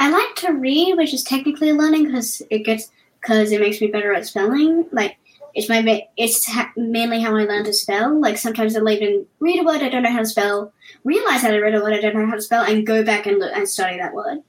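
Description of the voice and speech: A 10-year-old girl with cluttering, which has recently resurfaced, talks very, very fast in rushed bursts, with fillers, a false start and restart around "mainly," and pauses in unusual spots, so her speech turns garbled. Cluttering is a fluency disorder marked by an overly fast, irregular speaking rate that makes speech hard to follow; she also has autism, ADHD, dyspraxia and anxiety.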